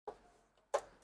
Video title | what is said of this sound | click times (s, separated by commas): இனி வீட்டிலியே Budget theatre ரெடி⁉️PIXPAQ NEO Projector😲Unboxing&Review Tamil | அழுத்து அழுத்துனீங்கன்னா அதுவே வந்து லாக் ஆயிடும் | 0.8 s